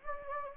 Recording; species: mosquito wingbeat signal from an infrared sensor; Anopheles gambiae